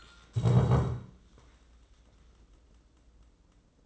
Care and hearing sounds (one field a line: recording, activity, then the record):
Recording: daily activity, microphone in the room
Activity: stand up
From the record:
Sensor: 3